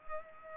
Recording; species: mosquito wingbeat signal from an infrared sensor; Culex pipiens